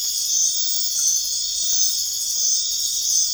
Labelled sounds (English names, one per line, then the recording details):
none
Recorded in dense forest near Puerto Asís, Putumayo, Colombia, on 21 March 2025 at 21:30
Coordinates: 0.484, -76.317
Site G064